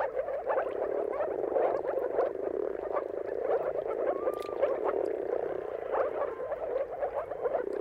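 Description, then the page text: Moor frogs calling en masse, soft hollow gurgles blending into a steady bubbling chorus, with a faint short whistle midway. Moor frogs giving mating calls in a chorus at sunrise, around the turn of March and April depending on the weather. "Dawn’s Chorus: Mating Calls of Marsh Frogs at Sunrise. Depending on the weather at the turn of March and April, you can witness an amazing spectacle of moor frogs. Jakub Orzecki"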